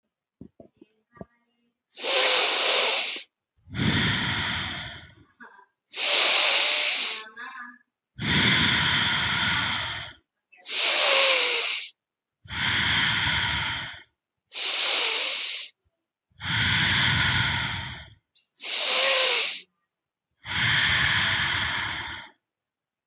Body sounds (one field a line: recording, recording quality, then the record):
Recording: deep breathing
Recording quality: excellent, no background noise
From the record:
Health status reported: healthy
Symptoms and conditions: none ticked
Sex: male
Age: 37 years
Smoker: not ticked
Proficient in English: yes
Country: India